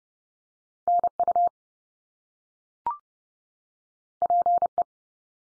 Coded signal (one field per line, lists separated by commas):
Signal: Morse code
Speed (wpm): 30 wpm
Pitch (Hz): 700 Hz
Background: none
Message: NU PE